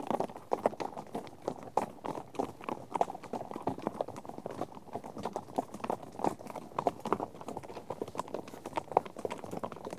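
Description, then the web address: Horse: a long run of horse hoofbeats, many hooves striking in a steady, overlapping patter. A herd of horses out on trek. "BBC Sound Effects Library - Horses Herd of horses out on trek"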